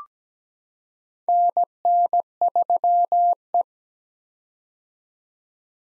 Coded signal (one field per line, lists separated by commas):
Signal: Morse code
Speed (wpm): 17 wpm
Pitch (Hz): 700 Hz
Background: none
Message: NN3E